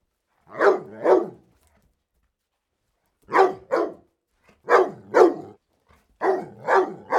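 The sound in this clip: Dog barking in quick pairs, four double barks separated by pauses.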